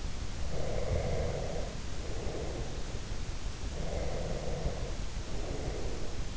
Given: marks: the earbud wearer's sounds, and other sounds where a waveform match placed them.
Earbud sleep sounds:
sounds in sleep by an in-ear microphone; breath
0.44-2.87 s: breath
3.73-6.18 s: breath

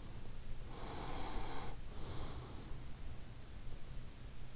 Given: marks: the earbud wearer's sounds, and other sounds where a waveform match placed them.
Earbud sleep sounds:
sounds in sleep by an in-ear microphone; breath
0.76-3.02 s: breath

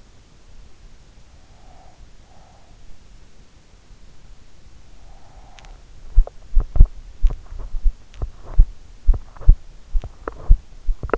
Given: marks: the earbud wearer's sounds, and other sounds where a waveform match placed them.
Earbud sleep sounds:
sounds in sleep by an in-ear microphone; breath, teeth grinding
1.19-3.19 s: breath
4.67-6.19 s: breath
5.19-11.18 s: teeth grinding

